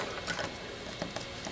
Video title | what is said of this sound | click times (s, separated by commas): YJ PAD Intro3 | and it snaps right in | 0.3 s